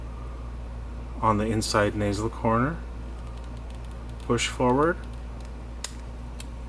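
Someone talks while the nasal corner of the second lens on a pair of Ray-Ban RB2132 New Wayfarer sunglasses is pushed forward with the thumbs. At 5.8 s the lens pops out of the plastic frame rim with a sharp snap, followed by a fainter tick near 6.4 s. A steady low hum runs underneath throughout.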